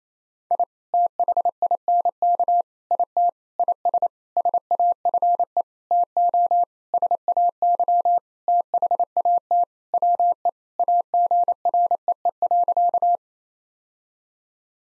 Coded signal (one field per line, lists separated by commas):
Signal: Morse code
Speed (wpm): 28 wpm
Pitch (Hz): 700 Hz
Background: none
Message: I THINK IT IS SAFE TO SAY THAT WE AGREE.